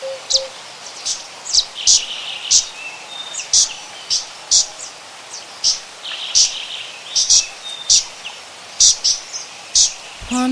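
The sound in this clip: Zitting cisticola giving a stream of shrill clicking notes, with a brief low whistle near the start.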